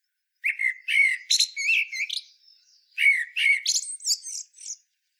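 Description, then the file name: Common blackbird producing two fluty phrases that trail into high, thin squeaky notes, the second ending in a high twitter. "Turdus merula"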